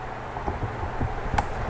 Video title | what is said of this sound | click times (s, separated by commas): Advanblack EDGELINE LED Clamshell Saddlebag Run Brake Turn Signals Install | listen for the click | 1.4 s